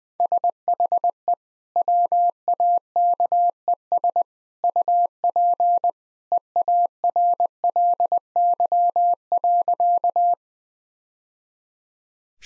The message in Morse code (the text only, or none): SHE WAKES UP EARLY.